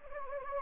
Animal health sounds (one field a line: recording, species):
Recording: mosquito wingbeat signal from an infrared sensor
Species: Anopheles gambiae